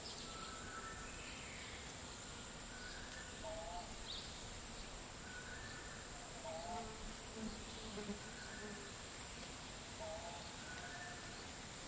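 Midday in a dry forest in Nosara, Guanacaste, with a dense, steady hiss of insects and a constant high whine running throughout. Short bird calls and chirps come every few seconds over a low, even rumble, with no sudden loud events.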